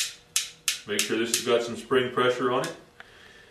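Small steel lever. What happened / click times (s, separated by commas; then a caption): A small metal lever was knocked into place and seated / 0.4 s, 0.7 s. A Glock pistol's slide release lever is pushed into the pistol frame with the handle of a punch, giving two sharp, loud knocks at 0.4 s and 0.7 s as it seats. Someone then talks, and a faint tick follows at 3.0 s. The lever is seated in the frame.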